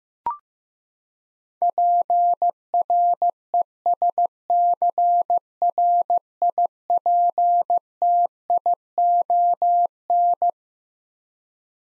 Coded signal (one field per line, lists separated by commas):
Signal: Morse code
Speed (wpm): 15 wpm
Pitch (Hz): 700 Hz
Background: none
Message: PRESCRIPTION